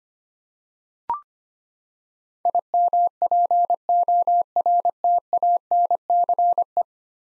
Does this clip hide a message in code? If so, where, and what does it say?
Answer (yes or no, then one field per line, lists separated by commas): yes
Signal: Morse code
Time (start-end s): 2.5-6.8 s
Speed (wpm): 25 wpm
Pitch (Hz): 700 Hz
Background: none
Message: IMPORTANCE